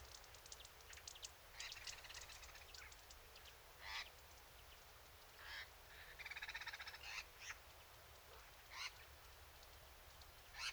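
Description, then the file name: Eurasian blackcap calls: sharp, dry tac clicks repeated irregularly, some in quick pairs, with a short buzzy burst midway and steady low rumble underneath. "Sylvia atricapilla"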